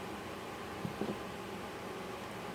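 A flat plastic seat insert from a Westpak angle / K valve repair kit is set flat side down into the brass/stainless angle valve body and lined up before being pressed home. Over a steady hiss, only faint soft handling bumps are heard around 0.8 s and 1.0–1.1 s. Nothing has seated or clicked yet.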